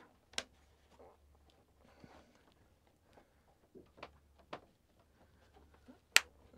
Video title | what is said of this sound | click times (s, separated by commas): Raymarine Ray-73 VHF/AIS receiver part -2 installation and review of functions | that's it make sure it all Clicks in nicely you | 0.4 s, 4.5 s, 6.2 s